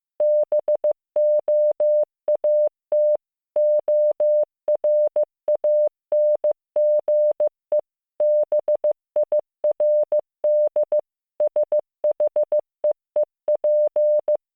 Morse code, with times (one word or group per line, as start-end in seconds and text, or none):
0.2-3.2 BOAT
3.6-7.8 ORANGE
8.2-11.0 BIRD
11.4-14.4 SHEEP